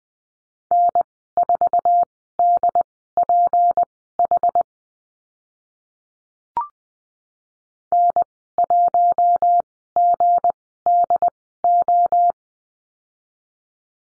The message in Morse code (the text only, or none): N4DPH N1GDO